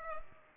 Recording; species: mosquito wingbeat signal from an infrared sensor; Culex pipiens